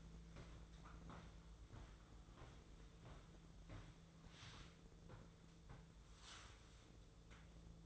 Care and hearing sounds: daily activity, microphone in the room; walk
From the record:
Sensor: 3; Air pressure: 1005.5 hPa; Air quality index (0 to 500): 94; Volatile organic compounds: 3 ppm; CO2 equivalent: 1466 ppm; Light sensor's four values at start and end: 10/24/10/9 and 10/23/9/9

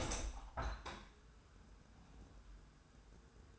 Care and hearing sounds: daily activity, microphone in the room; open window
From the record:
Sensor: 2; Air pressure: 999.7 hPa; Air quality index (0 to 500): 219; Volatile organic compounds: 48 ppm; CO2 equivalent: 3266 ppm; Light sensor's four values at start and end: 8/19/8/8 and 8/20/8/8

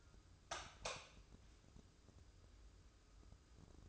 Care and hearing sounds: daily activity, microphone in the room; light on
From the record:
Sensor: 2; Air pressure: 995.2 hPa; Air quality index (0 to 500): 71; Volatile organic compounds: 2 ppm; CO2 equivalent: 1240 ppm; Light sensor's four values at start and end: 8/18/8/8 and 13/36/14/14

